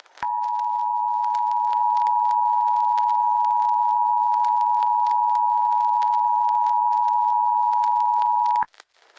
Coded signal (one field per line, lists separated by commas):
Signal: Emergency Alert System (SAME) tones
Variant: 853 and 960 Hz attention tone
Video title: EAS SCENARIO: Thursday's Incident